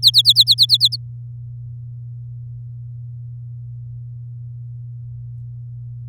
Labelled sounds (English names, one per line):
Domestic Canary song